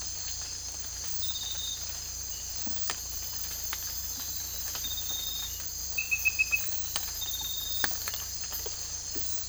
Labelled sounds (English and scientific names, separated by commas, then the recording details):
none
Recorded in dense forest near Puerto Asís, Putumayo, Colombia, on 18 December 2024 at 03:00
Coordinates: 0.484, -76.317
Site G026